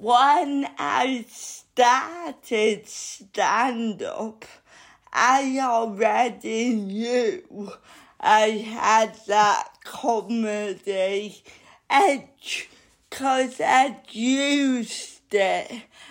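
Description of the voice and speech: An adult woman speaks slowly and effortfully, with drawn-out syllables and frequent pauses, typical of dysarthria due to cerebral palsy.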